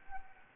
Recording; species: mosquito wingbeat signal from an infrared sensor; Anopheles arabiensis